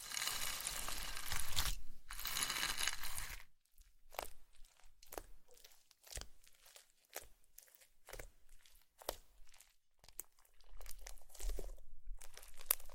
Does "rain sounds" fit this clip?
no